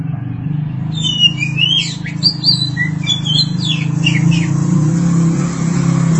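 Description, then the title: Oriental magpie-robin song, varied whistled notes and slurred phrases in the first two-thirds, partly masked by a loud steady low rumble. Birdsong (kicauan). "Suara Kicauan Burung Kacer"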